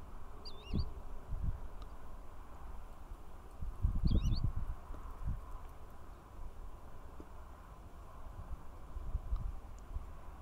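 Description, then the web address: Pied wheatear giving two short, twisting whistled notes a few seconds apart over steady low rumbling background noise. "Pied wheatear. صدای-چكچک-ابلق"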